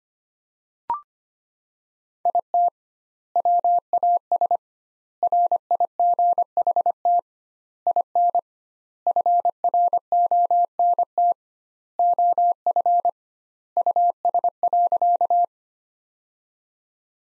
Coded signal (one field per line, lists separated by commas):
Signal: Morse code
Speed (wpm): 25 wpm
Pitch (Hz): 700 Hz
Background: none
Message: IT WAS RIGHT IN FRONT OF US.